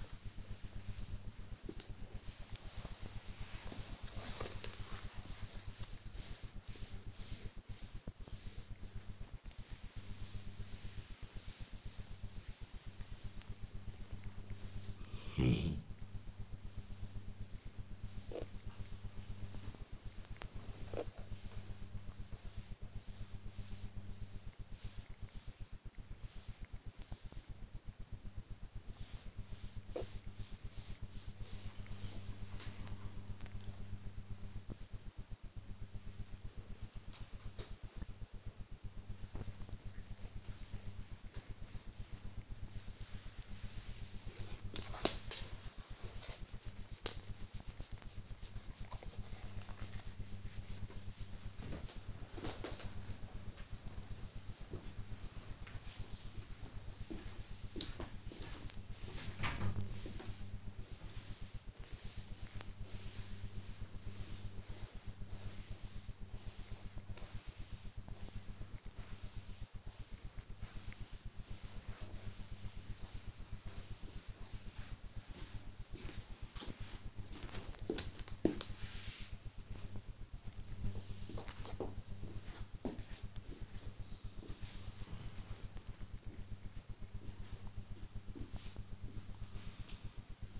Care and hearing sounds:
household activities, microphone on the right wrist
0.00-48.53 s: petting the dog
50.55-90.60 s: petting the dog

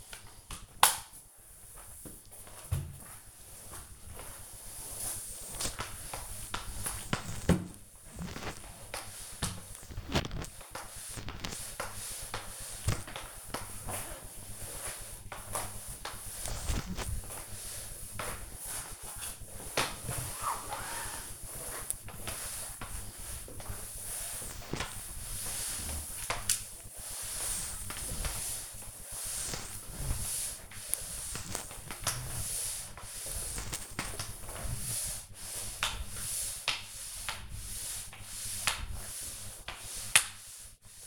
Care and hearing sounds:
household activities, microphone on the right wrist
0.00-41.07 s: floor cleaning

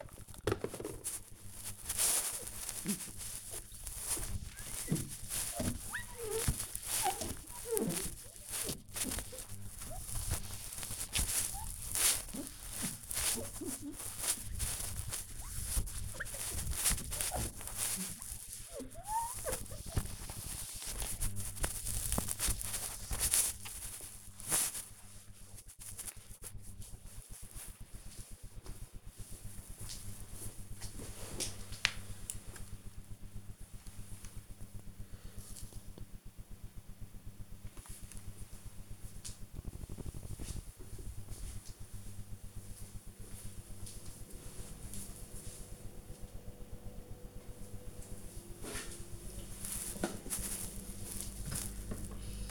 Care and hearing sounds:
household activities, microphone on the right wrist
0.00-24.95 s: window cleaning
47.05-52.51 s: watering plant

